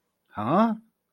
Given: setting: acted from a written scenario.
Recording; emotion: vocal sound without words; confusion